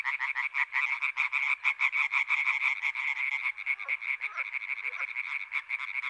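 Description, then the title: European tree frog chorus of rapid harsh croaks repeated in quick bursts, with a few softer lower notes in between. Intense chorus activity at Etang des Marguilliers pond in Sologne, France, recorded 21 May 1993, one hour after nightfall. "Choeur de rainettes en Sologne"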